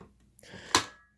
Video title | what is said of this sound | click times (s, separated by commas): Dirt Devil Quick-Lite Cyclonic (UD20020) Vacuum Acquisition | But you can see this clicks into place, but it doesn't actually hold. | 0.8 s